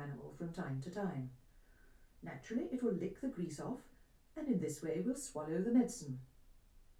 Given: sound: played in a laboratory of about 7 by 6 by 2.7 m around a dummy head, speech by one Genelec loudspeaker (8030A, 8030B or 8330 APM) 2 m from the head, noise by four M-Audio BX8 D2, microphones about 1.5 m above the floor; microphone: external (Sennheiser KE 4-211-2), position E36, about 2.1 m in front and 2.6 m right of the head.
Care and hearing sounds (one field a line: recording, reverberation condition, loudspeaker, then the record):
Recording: female speech in English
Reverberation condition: low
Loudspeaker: 30 degrees to the left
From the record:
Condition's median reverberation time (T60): about 310 ms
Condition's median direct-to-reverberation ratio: about 3.5 dB